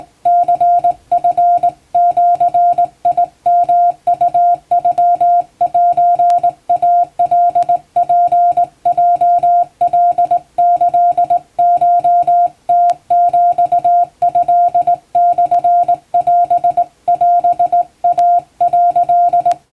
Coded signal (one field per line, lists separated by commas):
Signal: Morse code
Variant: Japanese Wabun code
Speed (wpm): 20 wpm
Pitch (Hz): 700 Hz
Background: music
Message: ニチジヨウノセイカツヲカキコムヒトモオオイ」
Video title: 毎日モールスラーニング！第１級無線通信士が打つ綺麗な手打ち和文モールス符号で受信練習をしよう！YouTubeの再生速度を自分の速度に調整して聴いてみよう(morse code practice)